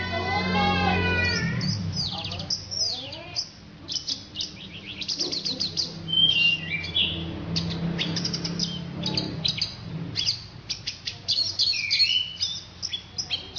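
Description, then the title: Orange-headed thrush song of rapid, varied high phrases and trills, preceded by a lower rasping sound with layered tones at the start. "Anis Merah"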